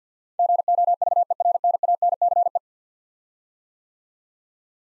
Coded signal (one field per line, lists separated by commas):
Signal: Morse code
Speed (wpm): 46 wpm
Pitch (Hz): 700 Hz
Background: none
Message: GOVERNANCE